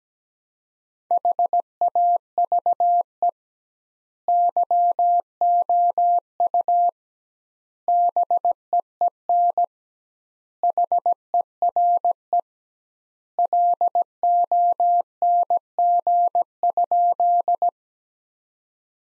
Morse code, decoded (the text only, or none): HAVE YOU BEEN HERE LONG?